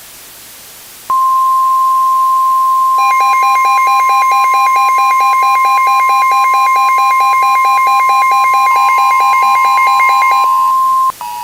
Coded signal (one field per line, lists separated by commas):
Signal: Emergency Alert System (SAME) tones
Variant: 1050 Hz attention tone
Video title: EAS scenario: the Blizzard part 1 (Thanksgiving 2017 EAS scenario)